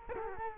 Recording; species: mosquito wingbeat signal from an infrared sensor; Culex quinquefasciatus